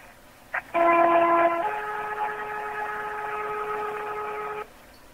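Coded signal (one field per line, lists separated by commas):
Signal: two-tone page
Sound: a short blip, then a buzzy tone near one second, then a lower three-second tone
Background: radio hiss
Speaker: TR that one more time because I just BR close to my radio here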